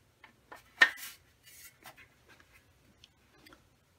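A plastic mounting part is fitted into its guide on a second outdoor radio housing and pushed home. It snaps into place with a sharp click at 0.8 s, followed by brief rubbing and handling noises. Someone talks afterward.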